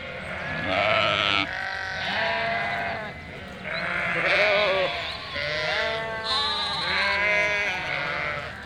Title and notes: 847 Rue de Vars, 73310 Chindrieux, France - Troupeau de moutons. troupeau de 467 moutons et agneaux. Bêlements en chorale très spacialisée et en mouvement